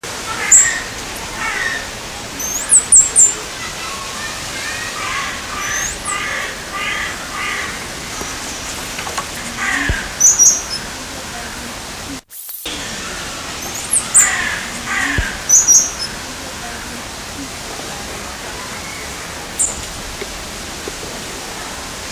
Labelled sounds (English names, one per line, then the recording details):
White-headed Marmoset call
Carrion Crow
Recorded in captivity
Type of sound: call
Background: Corvus corone
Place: Zoo Berlin, Berlin, DE
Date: 1999-09-04 14:12
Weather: sonnig, 24°C
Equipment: Sony WM-D6C, Sennheiser ME 80, Kopie Uher 4000 Report Monitor
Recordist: Tembrock, Günter
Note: Diverse Lautformen